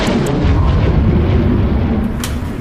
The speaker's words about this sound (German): Was war das eben? Ich hab Donner gehört.